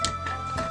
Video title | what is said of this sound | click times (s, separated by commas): Heatwave Transforming Lava Dragon! LEGO NInjago 71793 | snaps into place like so | 0.0 s